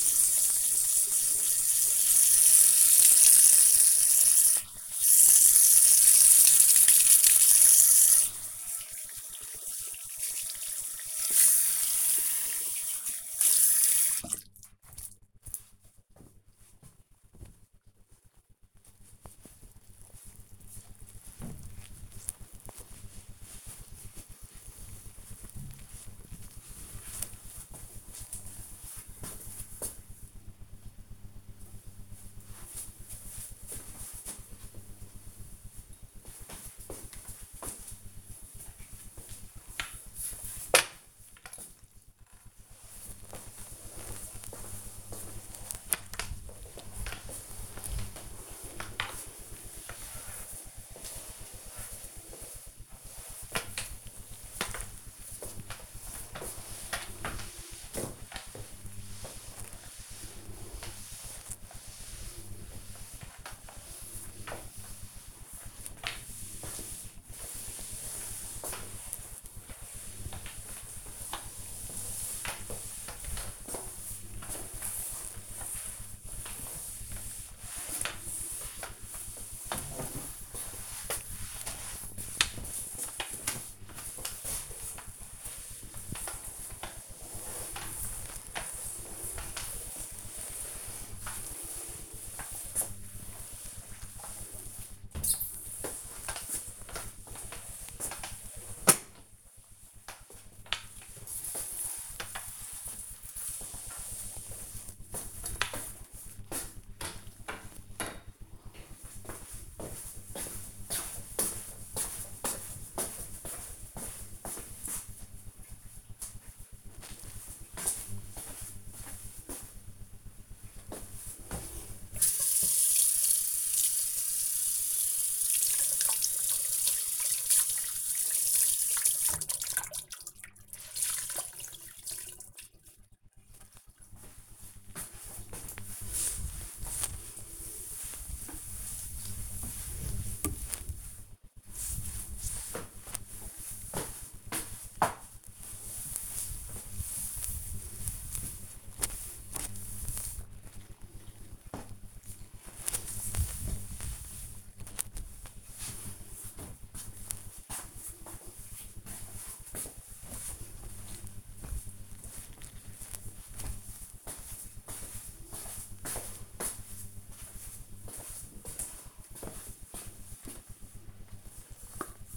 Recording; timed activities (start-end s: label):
household activities, microphone on the right wrist
0.00-14.79 s: washing hands
36.93-105.43 s: floor cleaning
120.51-155.72 s: cleaning table
169.78-172.37 s: cream hands